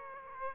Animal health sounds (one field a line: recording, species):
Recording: mosquito wingbeat signal from an infrared sensor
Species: Aedes aegypti